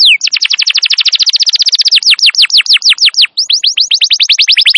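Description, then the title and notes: Atlantic canary song: a long series of fast, bright downslurred notes, slowing midway, then speeding up again after a brief break. Long, vigorous (gacor) canary song used to lure canaries and as a master recording to train wild canaries. "Pikat Kenari GACOR PANJANG INI Cocok Untuk Masteran KENARI LIAR. Masteran burung kenari gacor parah"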